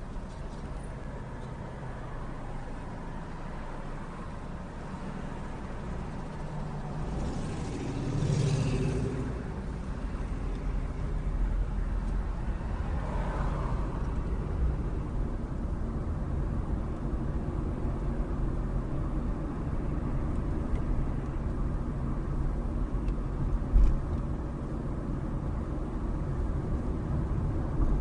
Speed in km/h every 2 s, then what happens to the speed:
3, 0, 0, 0, 6, 11, 18, 24, 27, 29, 27, 26, 26, 29.
1-7 standing. 7-17 pulls away to 29. 17-28 steady at about 27.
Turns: none.